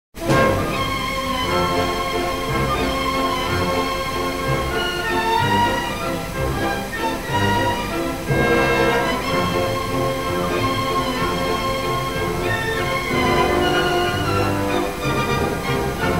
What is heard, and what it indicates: Tinnitus.